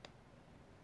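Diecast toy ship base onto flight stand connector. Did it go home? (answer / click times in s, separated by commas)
yes / 0.1 s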